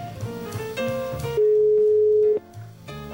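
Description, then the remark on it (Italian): A telephone ringing tone as a call is placed: one steady, loud pure tone at a low-mid pitch, lasting about a second, with softer, busier background sound before and after it. “Questo è un tono puro. È veramente un tono puro.”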